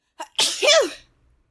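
A quick catch of breath is followed by one sharp, explosive burst with a voiced 'choo' that rises and falls, fading within about a second. It is a single acted sneeze from an adult, a repeat sneeze following an earlier one.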